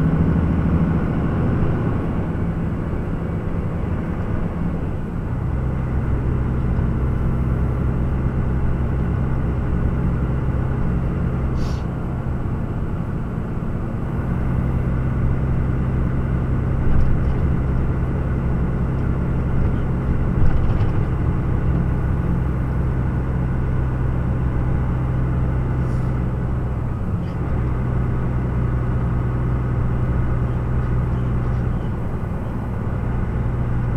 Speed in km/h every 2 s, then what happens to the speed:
44, 44, 44, 44, 45, 44, 45, 45, 45, 45, 44, 44, 44, 42, 43, 42, 41.
0-34 steady at about 44.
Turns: none.